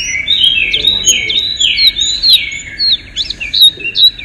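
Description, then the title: White-eye song, continuous high warbling chirps rising and falling quickly, with a faint steady hum in the background. "Pleci. Kudus"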